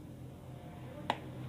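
A plastic part of a portable digital microscope is pressed down from below into its stand or holder. It makes one sharp click at 1.1 s, and the part is locked in place. A low steady hum runs under the whole clip.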